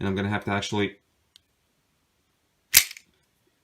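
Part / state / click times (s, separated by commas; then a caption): locking pliers toggle released by its lever / released / 2.8 s. Someone talks, then the release lever of steel locking pliers is pushed forward, and the locked jaws pop open with a sharp snap at 2.8 seconds. The toggle is released so the pliers can come off.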